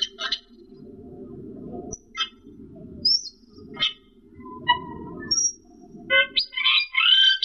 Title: Suara Burung Cucak keling